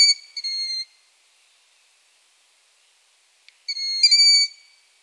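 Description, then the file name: Long-eared owl chick calls, two high, squeaky, harmonic screeches, each a short note followed by a longer drawn squeal, with silence between. Calls of young long-eared owls (chicks). "Asio-otus hlas-mláďat"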